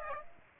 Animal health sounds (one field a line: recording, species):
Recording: mosquito wingbeat signal from an infrared sensor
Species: Aedes aegypti